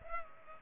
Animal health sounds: mosquito wingbeat signal from an infrared sensor; Culex pipiens

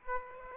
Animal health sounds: mosquito wingbeat signal from an infrared sensor; Aedes aegypti

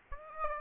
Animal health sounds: mosquito wingbeat signal from an infrared sensor; Aedes aegypti

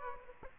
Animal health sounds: mosquito wingbeat signal from an infrared sensor; Aedes aegypti

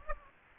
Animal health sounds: mosquito wingbeat signal from an infrared sensor; Aedes aegypti

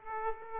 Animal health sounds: mosquito wingbeat signal from an infrared sensor; Aedes aegypti

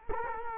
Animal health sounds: mosquito wingbeat signal from an infrared sensor; Culex quinquefasciatus

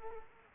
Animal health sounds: mosquito wingbeat signal from an infrared sensor; Culex quinquefasciatus

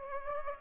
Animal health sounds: mosquito wingbeat signal from an infrared sensor; Aedes aegypti

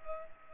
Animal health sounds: mosquito wingbeat signal from an infrared sensor; Culex pipiens

